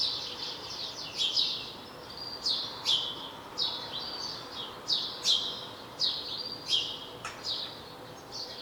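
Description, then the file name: House sparrow calls, many chirps repeated throughout. "Passer domesticus"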